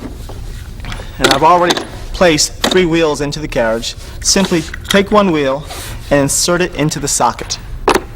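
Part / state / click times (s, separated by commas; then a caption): wheel into the socket of an exercise roller carriage / not seated / none. Someone talks while holding the last wheel of an exercise roller carriage, with three wheels already in place, ready to insert it into its socket. Brief handling taps are heard near the start and just before the end. The wheel has not seated or clicked yet.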